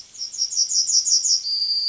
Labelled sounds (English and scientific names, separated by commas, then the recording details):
Yellowhammer (Emberiza citrinella) song
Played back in forest
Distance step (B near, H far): B
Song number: 049